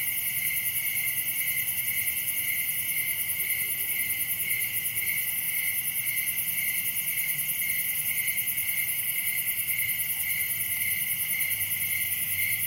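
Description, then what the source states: Cricket: a steady chorus of crickets, rapid high chirps repeating without pause, over a soft low rumble. Recorded at night in summer in a wooded area, Dell Creek State Wildlife Area; crickets are the main sound.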